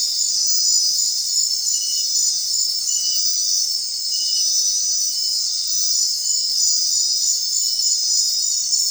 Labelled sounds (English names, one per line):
none